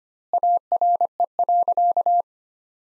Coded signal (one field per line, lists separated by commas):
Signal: Morse code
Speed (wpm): 25 wpm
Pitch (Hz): 700 Hz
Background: none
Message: ARE.